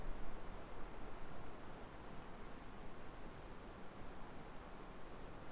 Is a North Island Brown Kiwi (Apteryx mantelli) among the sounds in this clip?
no